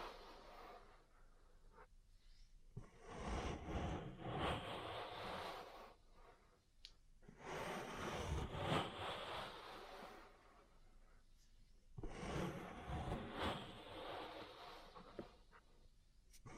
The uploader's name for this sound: Ear Cleaning, Massage, Cupping, Tapping